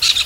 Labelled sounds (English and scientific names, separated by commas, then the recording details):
Brown-throated Parakeet (Eupsittula pertinax) contact call
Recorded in Venezuela
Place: Guárico; Corozopando; Fundo La Fe
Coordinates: 8.506, -67.593